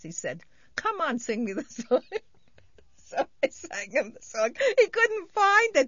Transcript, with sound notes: He said, "Come on, sing me the song." ( she laughs ) So I sang him the song. He couldn't find it.